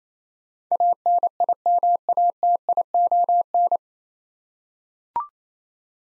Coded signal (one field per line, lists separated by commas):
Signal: Morse code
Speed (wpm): 28 wpm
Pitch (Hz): 700 Hz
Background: none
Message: ANIMATION